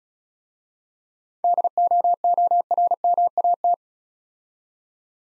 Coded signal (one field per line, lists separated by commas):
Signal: Morse code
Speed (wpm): 35 wpm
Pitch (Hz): 700 Hz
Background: none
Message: DOORMAT